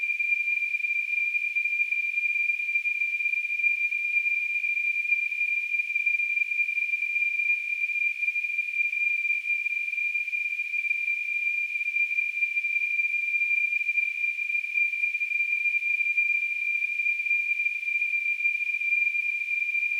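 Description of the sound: A single steady high-pitched tone, around 2.5 kHz, holds unchanged for the full 20 seconds with a faint hiss around it. It is a simulated tonal tinnitus, imitating the constant ringing a person with tinnitus hears.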